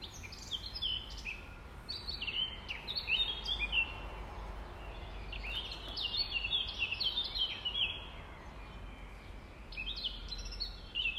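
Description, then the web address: Nightingale pouring out fast whistles, slurred notes and chirps almost without pause, over a low background rumble. Recorded at dawn on 5 May 2020, around 05:33. "20200505-053342. 2020 05 06 nightingales"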